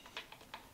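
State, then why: Not seated. A metal blade is pushed straight into the blade clamp of a compact DeWalt reciprocating saw without first pulling back the release tab. Short ticks at about 0.2, 0.3 and 0.5 seconds come from the blade being pushed in, not from a latch. The blade has not clicked or locked into place.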